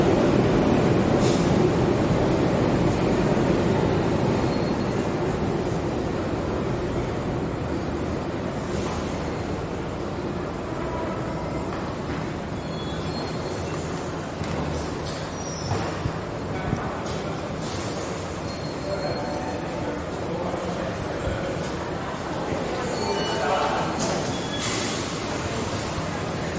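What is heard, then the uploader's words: A Sydney train rumbles along with a steady low roar, brief clanks and squeals, and faint voices around the middle and near twenty-one seconds. Go to City by Sydney Train 電車でシドニー市内に向かう.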